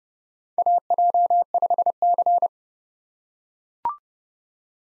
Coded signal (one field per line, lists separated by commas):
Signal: Morse code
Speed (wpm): 30 wpm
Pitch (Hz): 700 Hz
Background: none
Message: AJ5C